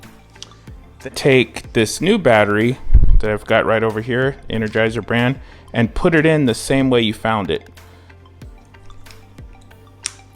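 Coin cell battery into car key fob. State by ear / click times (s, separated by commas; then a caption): seated / 10.1 s. Someone talks while a new Energizer CR3220 coin cell battery is put into the plastic battery holder of a Tesla Model S key fob, the same way the old one came out. After the talking stops, a sharp click at 10.1 s marks the battery firmly seated in place.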